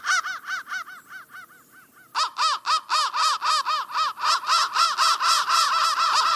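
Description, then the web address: Crow calls in rapid harsh bursts, a quick fading series, a brief gap, then a louder, steady run of rasping caws. Processed crow calls. "soundfactory crow 1"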